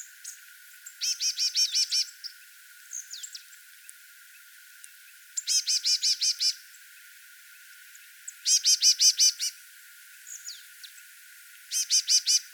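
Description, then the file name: Marsh tit calls, rapid bursts of five to eight high buzzy notes, repeated roughly every three to four seconds, with thin single chips between. "Poecile palustris"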